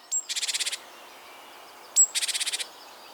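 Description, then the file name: Great tit call: two phrases, each a thin high note followed by a quick, even chatter of about seven harsh notes, spaced roughly two seconds apart. "Parus major"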